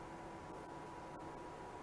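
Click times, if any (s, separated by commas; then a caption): none. A magnetic clip that holds the sample down is being handled onto the stage insert of an inverted Nikon Ti E microscope, about to be pushed on until it clicks, like the first clip. Only a steady broadband hiss is heard, with a constant tone near 1 kHz and low rumble, and no distinct impacts. Nothing has seated or clicked yet.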